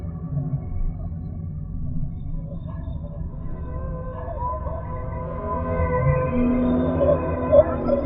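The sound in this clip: Whale calls: low rumbling moans, then wavering higher tonal notes, growing louder toward the end.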